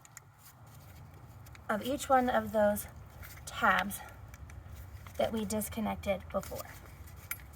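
Someone talks while handling the coil pack wiring harness connectors of a 2016 Q5 tune-up, angling them down and lining them up to push back onto the ignition coils. Faint handling noise and a few small sharp ticks are heard, the loudest near the end. Nothing has seated or clicked yet.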